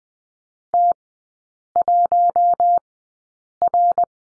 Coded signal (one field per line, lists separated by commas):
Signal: Morse code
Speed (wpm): 20 wpm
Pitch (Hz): 700 Hz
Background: none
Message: T1R